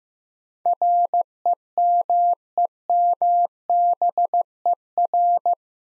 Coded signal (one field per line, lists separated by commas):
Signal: Morse code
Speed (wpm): 15 wpm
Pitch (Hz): 700 Hz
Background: none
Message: REMEMBER